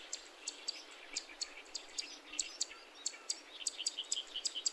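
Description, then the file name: Zitting cisticola song of sharp, high clicking notes repeated in a series, over a steady hiss. Recorded in Saitama, Japan, on 11 June 2021. "セッカ さいたま市"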